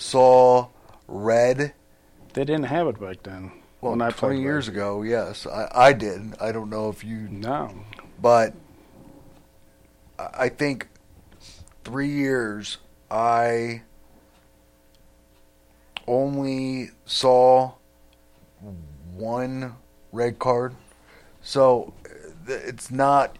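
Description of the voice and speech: A man speaks in short, halting fragments separated by long silences of up to about two seconds. Words are stretched, and phrases break off and restart. This effortful, broken flow with word-finding pauses fits aphasia after a stroke.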